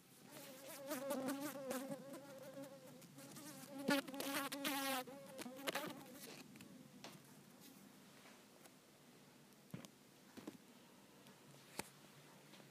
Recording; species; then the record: mosquito flight sound by mobile phone; Culiseta incidens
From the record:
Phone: not stated